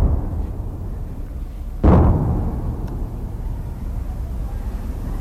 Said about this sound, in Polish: Z mostu o nazwie Suez widzę czarne kłęby dymu nad starym miastem w zachodniej części Mosulu. Dzieli nas kilometr, może dwa, a każda eksplozja to kolejne czarne słupy wyrastające w miejscu, w który uderzyła bomba lotnicza.